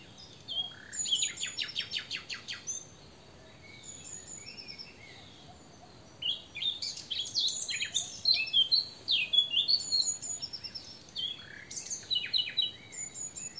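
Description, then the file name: Eurasian blackcap: rapid buzzy chattering notes at first, a quieter spell, then a long bright warble of varied fluty notes. "Sylvia atricapilla"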